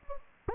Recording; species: mosquito wingbeat signal from an infrared sensor; Anopheles gambiae